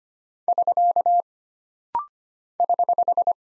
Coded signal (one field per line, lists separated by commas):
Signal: Morse code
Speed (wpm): 25 wpm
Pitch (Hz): 700 Hz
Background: none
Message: <SK> <HH>